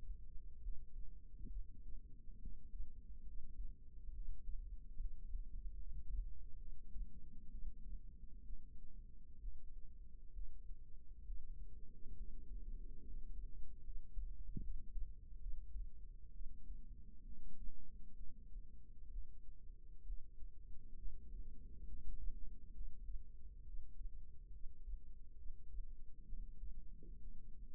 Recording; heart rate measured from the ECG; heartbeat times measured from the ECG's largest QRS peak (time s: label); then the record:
heart sounds by microphone in the right ear; 68 bpm
0.61 s: heartbeat
1.51 s: heartbeat
2.39 s: heartbeat
3.24 s: heartbeat
4.13 s: heartbeat
4.98 s: heartbeat
5.77 s: heartbeat
6.58 s: heartbeat
7.50 s: heartbeat
8.45 s: heartbeat
9.40 s: heartbeat
10.33 s: heartbeat
11.24 s: heartbeat
12.15 s: heartbeat
13.03 s: heartbeat
13.82 s: heartbeat
14.61 s: heartbeat
15.39 s: heartbeat
16.32 s: heartbeat
17.23 s: heartbeat
18.15 s: heartbeat
19.10 s: heartbeat
20.04 s: heartbeat
20.97 s: heartbeat
21.86 s: heartbeat
22.73 s: heartbeat
23.64 s: heartbeat
24.51 s: heartbeat
25.36 s: heartbeat
26.24 s: heartbeat
27.19 s: heartbeat
From the record:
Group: healthy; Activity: rest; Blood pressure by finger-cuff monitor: 140/69 mmHg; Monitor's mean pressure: 93 mmHg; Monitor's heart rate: 67 bpm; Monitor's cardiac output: 6.4 L/min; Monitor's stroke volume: 99 mL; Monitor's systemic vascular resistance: 1070 dyn s/cm5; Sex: female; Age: 37 years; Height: 168 cm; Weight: 70 kg